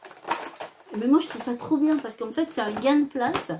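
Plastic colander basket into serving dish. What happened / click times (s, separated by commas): The plastic basket nested into its dish / 0.3 s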